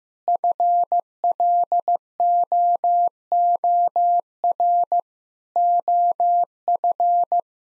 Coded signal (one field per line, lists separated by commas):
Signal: Morse code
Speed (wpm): 15 wpm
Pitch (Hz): 700 Hz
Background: none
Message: FLOOR OF